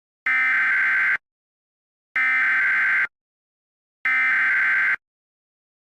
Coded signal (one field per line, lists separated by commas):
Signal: Emergency Alert System (SAME) tones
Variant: header bursts